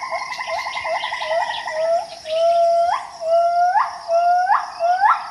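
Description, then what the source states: Gibbon calls: a fading bubbling trill followed by several separate rising whoops, with steady insect hum in the background. Gibbons calling in the morning in Danum Valley, Borneo, heard far off from a trail behind a research station.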